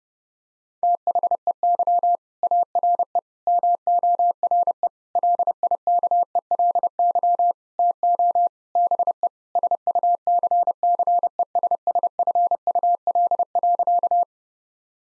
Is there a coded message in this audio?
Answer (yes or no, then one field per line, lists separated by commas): yes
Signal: Morse code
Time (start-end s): 0.8-14.2 s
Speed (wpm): 32 wpm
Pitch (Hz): 700 Hz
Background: none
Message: THEY ARE MORE LIKELY TO BE SUCCESSFUL.